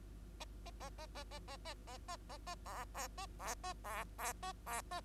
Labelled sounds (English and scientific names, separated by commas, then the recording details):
Bengalese Finch (Lonchura striata domestica) song
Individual Bird2